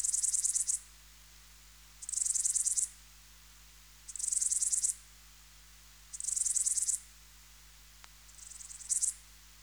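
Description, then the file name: Bush-cricket song, high buzzy bursts of under a second repeated about every two seconds, five in a row, with one soft click near the end. "Baetica ustulata"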